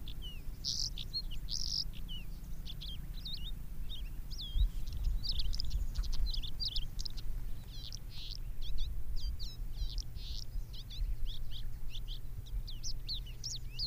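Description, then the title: Javan bush lark song, a lively run of high, varied chirps, slurred whistles and trills with short pauses, over a steady low rumble of background noise. "Suara Burung Branjangan"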